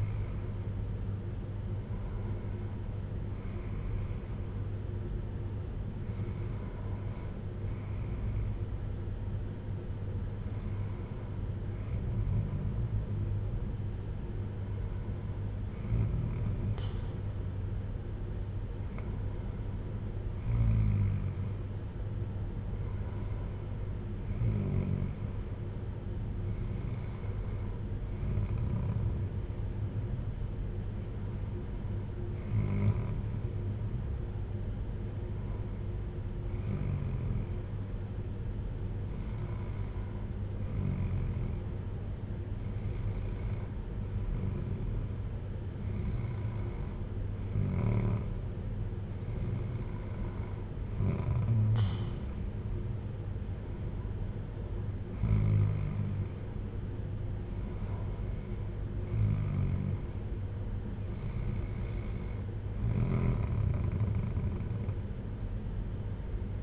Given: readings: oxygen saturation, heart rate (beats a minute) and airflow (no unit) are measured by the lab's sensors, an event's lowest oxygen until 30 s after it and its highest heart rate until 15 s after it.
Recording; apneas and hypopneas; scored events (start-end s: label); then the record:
breathing in sleep by a smartphone at the bedside; none
none scored
From the record:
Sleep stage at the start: N2 (light sleep); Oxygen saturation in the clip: 94 to 95%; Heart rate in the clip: 55 to 63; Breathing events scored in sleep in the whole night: 310 in 8.1 hours asleep